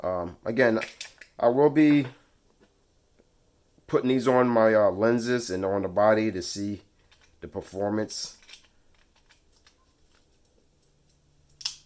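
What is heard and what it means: Someone talks, then a metal Nikon AF-S teleconverter (TC-14E III or TC-20E III) is twisted onto the bayonet of a lens or the FTZ mount adapter for a Nikon Z6, with faint soft handling ticks in the quiet stretch. It ends in a sharp, loud click at 11.7 s as the teleconverter locks into place.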